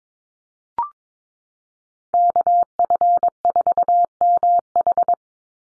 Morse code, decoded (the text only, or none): KF4MH